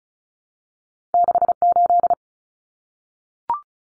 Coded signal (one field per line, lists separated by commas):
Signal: Morse code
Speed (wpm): 34 wpm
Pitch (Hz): 700 Hz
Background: none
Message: 68